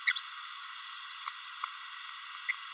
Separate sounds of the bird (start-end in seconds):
0.07-0.13